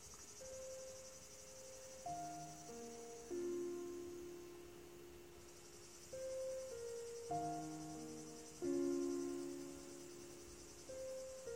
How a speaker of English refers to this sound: I sit here at night, listening to the frogs and the crickets.